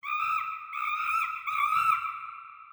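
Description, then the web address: Monkey calls: three drawn-out, nasal, tonal cries joined almost without pause, wavering slightly in pitch and fading at the end. "uevo uevo singe"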